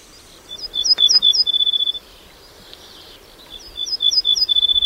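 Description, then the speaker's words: Ortolan bunting song: two phrases of clear, high, evenly repeated notes separated by a pause; faint background hiss. Male singing in the Polish dialect, with a pretty final tremolo; more elaborate than the other dialects. "C'est vrai que c'est plus travaillé, l'ortolan polonais."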